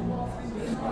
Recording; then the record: background sound without coughing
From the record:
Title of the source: 60 minutes of coffee shop sounds for study and concentration